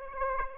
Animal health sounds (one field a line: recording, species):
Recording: mosquito wingbeat signal from an infrared sensor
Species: Aedes aegypti